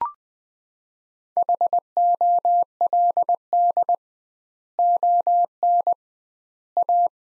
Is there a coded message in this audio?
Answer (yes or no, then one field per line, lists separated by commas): yes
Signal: Morse code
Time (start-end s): 1.4-7.1 s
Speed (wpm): 20 wpm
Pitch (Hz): 700 Hz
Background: none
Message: HOLD ON A